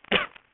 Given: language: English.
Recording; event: throat vibration sensor signal played as sound; cough